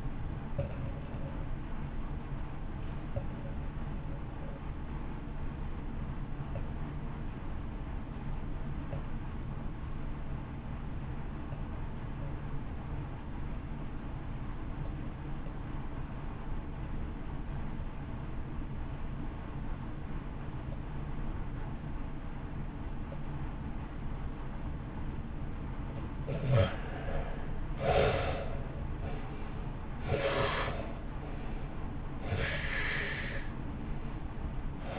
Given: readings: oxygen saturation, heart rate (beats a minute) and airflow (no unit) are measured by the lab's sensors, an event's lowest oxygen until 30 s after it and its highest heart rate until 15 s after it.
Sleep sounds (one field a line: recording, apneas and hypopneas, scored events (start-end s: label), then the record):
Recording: breathing in sleep by a smartphone at the bedside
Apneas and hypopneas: 1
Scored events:
3.00-26.30 s: obstructive apnea (REM, oxygen 91% highest, then 68% lowest, heart rate 53 at the start, 69 highest)
18.00-34.99 s: new sleep stage, N1 (lightest sleep)
From the record:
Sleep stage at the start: REM sleep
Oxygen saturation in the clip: 71 to 91%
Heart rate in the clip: 53 to 69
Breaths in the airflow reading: 2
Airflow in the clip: -1.4 to 2.0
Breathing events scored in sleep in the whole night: 328 in 6.3 hours asleep